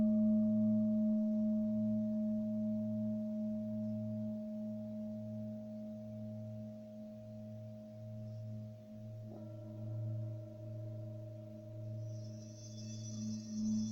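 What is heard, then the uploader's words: Tibetan bells ring in a long, steady, pure tone that hums low with a gently pulsing, wavering beat throughout. Just after nine seconds a fresh strike adds brighter overtones, and near the end a faint high shimmer creeps in. Crown Chakra Tibetan Bells. Sounds of Tibetan bells.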